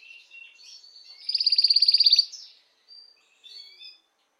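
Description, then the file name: Canary song: one loud, fast pulsed trill lasting about a second, set among soft high chirps before and after. Belgian mosaic canary. "canto do canario belga mosaico"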